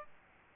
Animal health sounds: mosquito wingbeat signal from an infrared sensor; Aedes aegypti

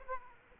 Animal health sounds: mosquito wingbeat signal from an infrared sensor; Aedes aegypti

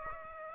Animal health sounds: mosquito wingbeat signal from an infrared sensor; Aedes aegypti

